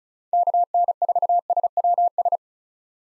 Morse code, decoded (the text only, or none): KN4SWS